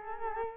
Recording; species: mosquito wingbeat signal from an infrared sensor; Culex quinquefasciatus